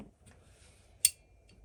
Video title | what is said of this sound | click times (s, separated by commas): AR 15 Lower Assembly Video Series Part 3 Buffer Tube and Takedown Pin Installation | Hear it click in? | 1.1 s